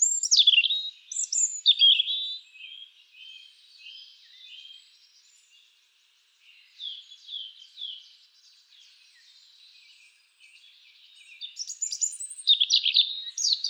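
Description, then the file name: European robin song in loose phrases of thin, high, twittering warbles, separated by short quiet gaps, with louder bursts at the start and end. "Erithacus rubecula"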